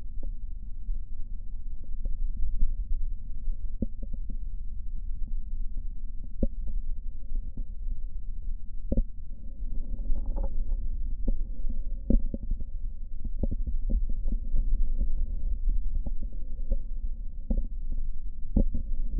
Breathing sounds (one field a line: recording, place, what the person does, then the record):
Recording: lung sounds by stethoscope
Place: right posterior basal chest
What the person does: quiet breathing, then deep breathing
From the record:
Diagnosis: COPD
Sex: male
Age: 64 years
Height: 166 cm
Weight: 92.7 kg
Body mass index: 33.6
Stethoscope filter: diaphragm mode